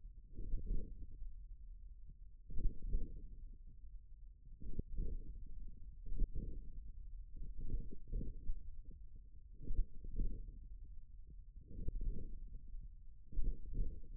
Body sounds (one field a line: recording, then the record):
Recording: forearm muscle sounds (acoustic myography)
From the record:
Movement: hook grip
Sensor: system 1, eight BSWA MPA416 microphones around the upper forearm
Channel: 6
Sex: male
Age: 41 years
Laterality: right